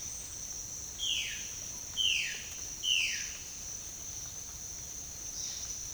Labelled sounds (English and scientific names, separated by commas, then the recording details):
Violaceous Jay (Cyanocorax violaceus)
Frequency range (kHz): Violaceous Jay (Cyanocorax violaceus) 1.0-4.3 kHz
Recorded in pastures near Puerto Asís, Putumayo, Colombia, on 8 March 2025 at 07:30
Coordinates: 0.502, -76.324
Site GP07